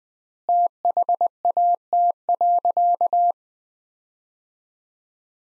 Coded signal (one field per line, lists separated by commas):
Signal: Morse code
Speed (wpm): 20 wpm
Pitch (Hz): 700 Hz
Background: none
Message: THAT.